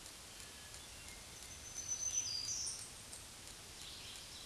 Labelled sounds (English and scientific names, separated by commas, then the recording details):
Black-throated Green Warbler (Setophaga virens) song
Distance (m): 35 m
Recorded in a Pennsylvania forest on 1 June 2023 at 07:13
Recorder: AudioMoth, point grid3_2_low
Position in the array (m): 141 m, 60 m